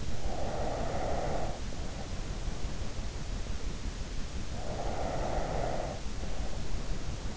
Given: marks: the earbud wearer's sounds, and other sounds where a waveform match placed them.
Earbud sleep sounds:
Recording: sounds in sleep by an in-ear microphone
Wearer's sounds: breath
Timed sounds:
0.06-2.63 s: breath
4.51-7.37 s: breath

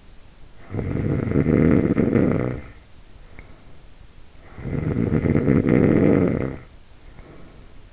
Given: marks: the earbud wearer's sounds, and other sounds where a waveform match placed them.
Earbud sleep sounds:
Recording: sounds in sleep by an in-ear microphone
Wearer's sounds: snoring breath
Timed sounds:
0.50-3.76 s: snoring breath
4.16-7.93 s: snoring breath

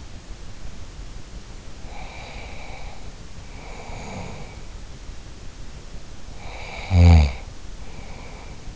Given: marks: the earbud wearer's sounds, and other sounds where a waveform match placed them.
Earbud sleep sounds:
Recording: sounds in sleep by an in-ear microphone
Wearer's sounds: breath, snoring breath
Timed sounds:
1.79-4.58 s: breath
6.30-8.76 s: snoring breath

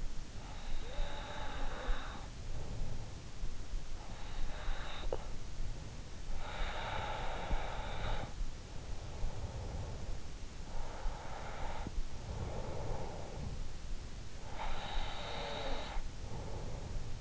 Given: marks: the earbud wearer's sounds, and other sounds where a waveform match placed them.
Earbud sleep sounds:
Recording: sounds in sleep by an in-ear microphone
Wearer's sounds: breath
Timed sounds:
0.68-3.20 s: breath
3.79-5.53 s: breath
6.13-13.61 s: breath
14.24-17.10 s: breath

